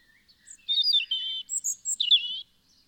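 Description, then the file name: European robin singing a short run of high, liquid, tumbling notes, fluting and slightly trilled, with silence around it. "Erithacus rubecula"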